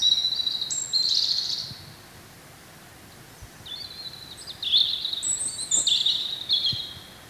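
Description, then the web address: European robin song: a high, thin, trilling phrase, a short pause, then another run of tinkling notes that jump between pitches. "chant xeno-canto rougegorge familier"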